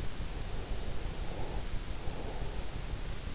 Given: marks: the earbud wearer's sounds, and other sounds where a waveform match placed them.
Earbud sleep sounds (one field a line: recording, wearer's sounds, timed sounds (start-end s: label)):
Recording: sounds in sleep by an in-ear microphone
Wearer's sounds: breath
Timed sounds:
0.04-3.35 s: breath